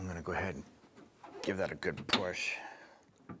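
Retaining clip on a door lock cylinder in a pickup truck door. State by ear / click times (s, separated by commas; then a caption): seated / 3.3 s. Someone talks while the metal retaining clip on the back of a new door lock cylinder is pushed firmly onto the cylinder inside the door of a 1993–1997 Ford Ranger pickup truck. A short snap follows at 3.3 seconds as the clip seats and locks into place.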